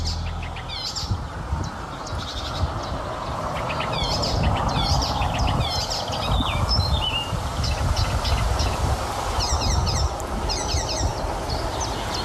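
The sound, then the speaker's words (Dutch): An icterine warbler sings a fast, varied medley of chirps, whistles and harsh notes imitating a blackbird, a great tit and a blackcap, with its own nasal, squeaky, rubber-duck-like calls mixed in, over a steady low rumbling background. “Maar eigenlijk horen we hier alleen de spotvogel die het hele stelletje imiteert. In combinatie met zijn eigen badeendjesgeluid.”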